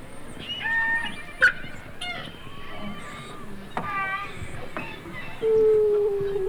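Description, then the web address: Beluga whale whistles and chirps, short tonal squeaks and sharp clicks, ending in a loud, slightly falling whistle, over low background noise. Belugas in the Arctic. "Avant Garde Project. Arctic Belugas"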